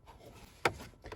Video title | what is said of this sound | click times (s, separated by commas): Skoda Superb 2008 -2015 how to install double din radio simple guide | You'll hear it pop like so as it comes off. | 0.6 s